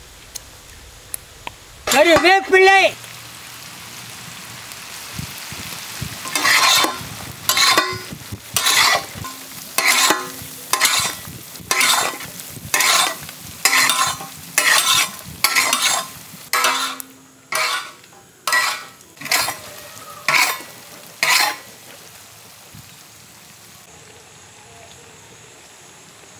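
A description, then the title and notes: Lamb ribs fry in the traditional village way, with a soft, steady sizzling hiss throughout. A brief voice-like sound rises near the start. From about six to twenty-one seconds, sharp stirring or scraping strokes come regularly, about one per second, before the sizzle continues alone. Lamb Ribs BBQ Cooking In Village. Then we fried it in our traditional method by using simple ingredients.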